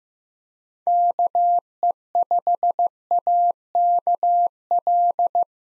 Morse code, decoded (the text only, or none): KE5AKL